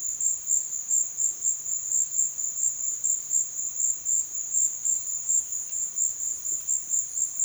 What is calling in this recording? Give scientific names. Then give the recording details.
none. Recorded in dense forest near Puerto Asís, Putumayo, Colombia, on 18 February 2024 at 13:00. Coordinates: 0.496, -76.326. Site G6383